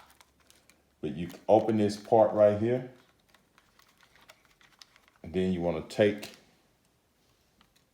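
Someone talks while picking up the connector end of a JJC SR-FSW wireless remote receiver and lining it up with its slot, since it only fits one direction. Quiet, sharp handling ticks come between the speech, with the loudest near 4.8 s. The connector is only being handled here and has not been pushed in, so nothing has seated or clicked yet.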